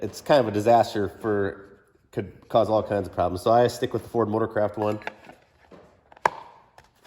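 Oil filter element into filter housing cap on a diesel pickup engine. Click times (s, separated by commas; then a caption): 6.3 s. Someone talks, then a Ford Motorcraft replacement oil filter element is pushed onto its plastic filter housing cap on a Ford 6.0 diesel pickup engine, chosen over universal-fit aftermarket elements that can cause problems. A single sharp snap is heard at 6.3 s as the element clips onto the cap and seats.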